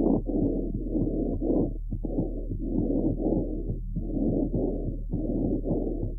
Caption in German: Saugfohlen tritt das feuchte Rasselgeräusch bei Bronchitis häufig hinter dem physiologischen lauten bronchialen Lungenschall etwas zurück. Wird auch der Herzschall bei der Lungenauskultation mit erfasst. Wie in diesem Beispiel zu hören, wie das. Fohlen hin und wieder Sekret abschluckt.